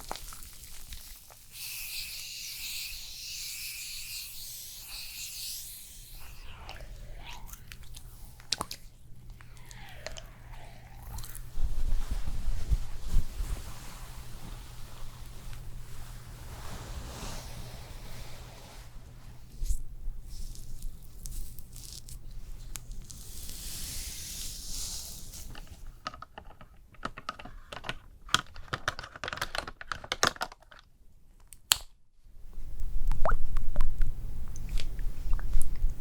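Layered spa facial sounds: a hissing spray runs for the first few seconds and returns briefly around 24 seconds. In between come soft crackles, taps and handling noises, over a low steady hum that fades out near 23 seconds. Scattered sharper clicks cluster toward the end.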